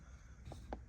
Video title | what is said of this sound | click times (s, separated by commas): How to Replace Sticky BMW Inner Door Pull Handles | we're going to prop it open in this area here first you notice you hear a snap | 0.7 s